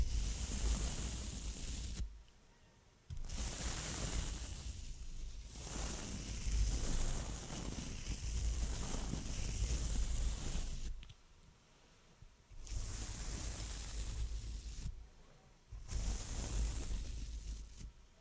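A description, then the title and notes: Soft brushing rubs against a microphone in long hissing strokes, broken by near-silent pauses around three, eleven to twelve, and fifteen seconds. ASMR soft Mic Brushing. Trying new brushes.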